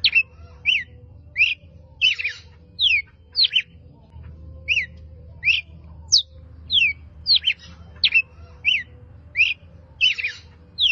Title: Canto Galo Campina Fêmea 02. Galo de Campina Chamando para borboletas